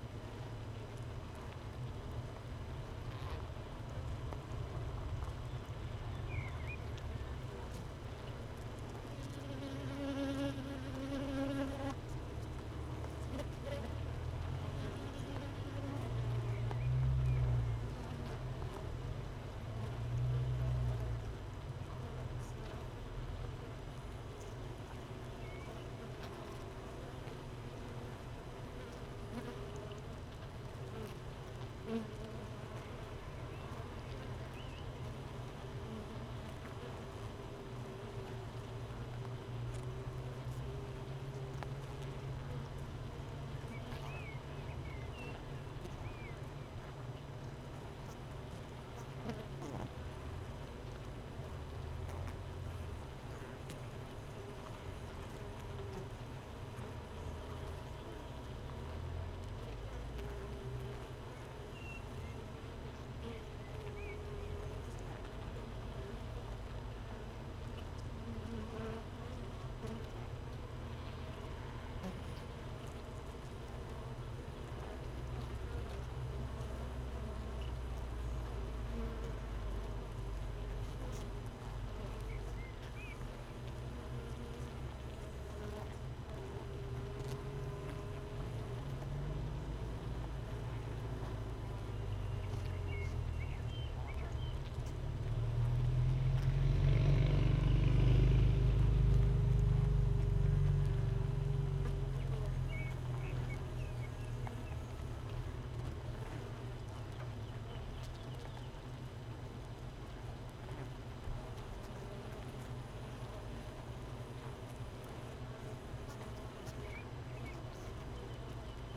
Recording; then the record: honeybee colony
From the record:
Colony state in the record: missing queen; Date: 31 May 2018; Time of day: 15:01